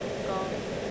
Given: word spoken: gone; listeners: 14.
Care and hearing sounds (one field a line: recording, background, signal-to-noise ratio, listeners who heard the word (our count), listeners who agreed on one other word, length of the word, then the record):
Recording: one English word in noise, from a listening test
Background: speech-shaped noise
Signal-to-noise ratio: -4.0 dB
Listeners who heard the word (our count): 3 of 14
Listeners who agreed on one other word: 6 of 14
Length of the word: 0.51 s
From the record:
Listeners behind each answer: 6, 3, 1, 1, 1, 1, 1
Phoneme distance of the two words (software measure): 10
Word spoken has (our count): 1 syllable, 3 phonemes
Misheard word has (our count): 1 syllable, 3 phonemes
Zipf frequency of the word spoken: 5.58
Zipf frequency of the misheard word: 5.38